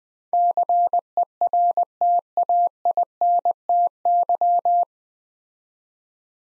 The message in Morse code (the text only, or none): CERTAINTY